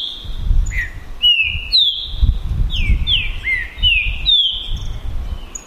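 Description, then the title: Green-winged saltator: bird song of clear whistled slurs, steady and repeated, over constant low rumbling background noise. Song contest (disputa) between trinca-ferro birds Naval and Demolidor, 2022 season; birds calling, singing and 'macheando' in the contest. "TRINCA Piando, Cantando E Macheando Na DISPUTA. DISPUTA DE TRINCA FERRO NAVAL VS DEMOLIDOR 2022! TEMPORADA 2022!"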